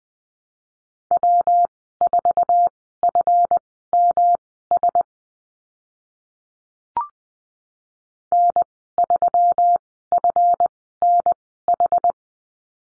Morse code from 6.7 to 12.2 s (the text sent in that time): N3FNH